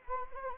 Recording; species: mosquito wingbeat signal from an infrared sensor; Anopheles arabiensis